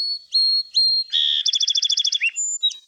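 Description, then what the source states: Song Sparrow practice song: a few high thin whistles, then a buzzy note, a fast rattling trill of about a dozen notes, and loose, uneven whistled fragments. Young male in the plastic stage of song learning: recognizable adult syllables, but notes still wobbly and not arranged into distinct songs.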